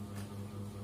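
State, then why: Not seated. A yellow plastic quick-connect hose connector is handled at the hose or filter fitting of a Benz BZ-8570 pressure washer (jet cleaner), but nothing has seated or clicked yet. A steady low hum with strong tones near 100 and 200 Hz runs under broadband noise, with a slightly brighter swell around 0.2 s and no sharp hits.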